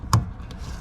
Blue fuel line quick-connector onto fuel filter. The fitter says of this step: شنیده شد و در آنجا صدای کلیک شنیده شد. درست است،